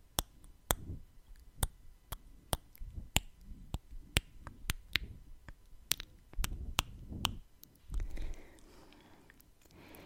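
Sharp tongue clicks snap out one after another, roughly two per second, each a brief bright tick. Soft low breaths and rustling fill the gaps, swelling around the seven and eight second marks, with a hushed breathy wash near the end.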